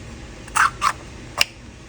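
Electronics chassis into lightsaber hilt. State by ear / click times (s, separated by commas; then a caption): seated / 1.4 s. A second electronics chassis is slid into the other end of a neopixel lightsaber staff hilt. Two soft sliding swells come around 0.6 and 0.85 s, then a sharp click at 1.4 s as the chassis snaps into place, seated.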